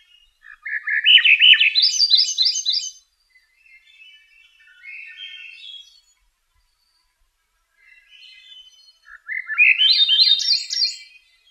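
Swainson's thrush singing two rising, spiralling phrases that climb steeply, with softer, lower phrases between them.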